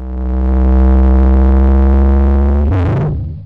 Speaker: Was Sie hier gehört haben, ist ein Blauwal. Das seltsame Dröhnen des bis zu 160 Tonnen schweren Meeressäugers dient der Kommunikation über tausende Kilometer hinweg.